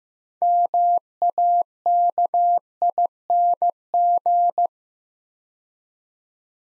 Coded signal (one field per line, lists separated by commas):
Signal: Morse code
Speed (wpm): 15 wpm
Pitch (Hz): 700 Hz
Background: none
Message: MAKING